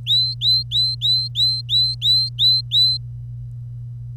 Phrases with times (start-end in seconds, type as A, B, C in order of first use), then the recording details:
0.07-2.98 A. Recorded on 25 April 2018 at 08:57. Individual llb3